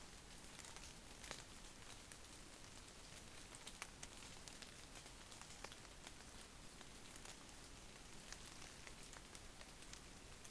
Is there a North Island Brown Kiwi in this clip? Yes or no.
no